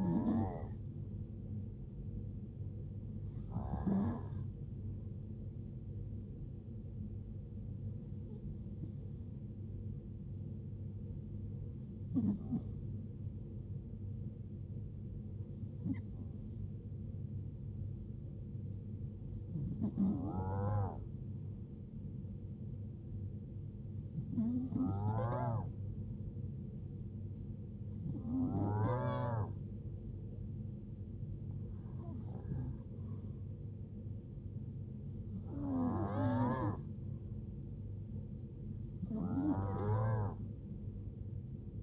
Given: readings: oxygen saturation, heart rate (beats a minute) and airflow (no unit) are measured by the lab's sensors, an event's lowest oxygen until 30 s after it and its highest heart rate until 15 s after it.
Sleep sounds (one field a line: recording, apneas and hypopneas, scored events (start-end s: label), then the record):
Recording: breathing in sleep by a smartphone at the bedside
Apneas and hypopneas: 1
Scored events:
12.00-33.30 s: hypopnea (N1, oxygen 94% highest, then 92% lowest, heart rate 64 at the start, 75 highest)
From the record:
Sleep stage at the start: N1 (lightest sleep)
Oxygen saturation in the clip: 92 to 94%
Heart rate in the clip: 64 to 78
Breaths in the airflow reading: 11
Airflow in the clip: -7.3 to 3.3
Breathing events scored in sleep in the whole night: 389 in 6.3 hours asleep